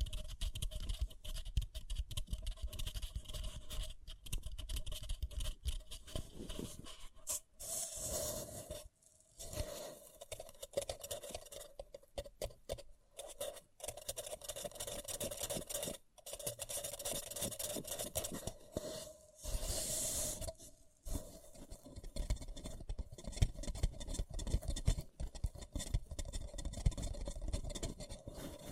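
Paper cup tingles: dense, rapid scratching and crinkling across the whole 29 seconds, bright and crisp with a steady thin tone running underneath. The busy texture breaks into short silent gaps around 9, 16 and 21 seconds, with a few louder swishy bursts.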